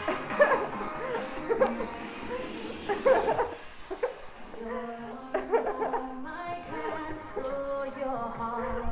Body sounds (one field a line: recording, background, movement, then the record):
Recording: laughter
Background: music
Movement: walking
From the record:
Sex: female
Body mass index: 18.8 kg/m2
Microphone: on the chest, facing outward